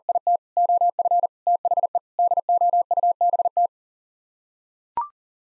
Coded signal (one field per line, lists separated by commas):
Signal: Morse code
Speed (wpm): 40 wpm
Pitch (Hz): 700 Hz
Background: none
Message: IT OF THE DOUBT